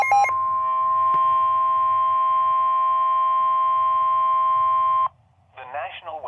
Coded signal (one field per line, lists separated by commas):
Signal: Emergency Alert System (SAME) tones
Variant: 1050 Hz attention tone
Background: speech